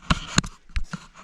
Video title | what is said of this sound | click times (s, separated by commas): 2020-2024 Ford Explorer Cabin Air Filter Replacement | and then you just push it down to a clicks | 0.1 s, 0.4 s